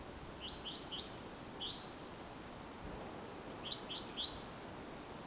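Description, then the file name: Great tit: two bursts of rapid, high upturned chirps with squeaky top notes, separated by a quiet pause, soft hiss behind. "Parus major"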